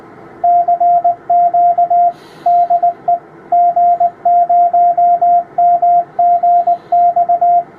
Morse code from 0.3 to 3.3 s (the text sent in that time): CQ DE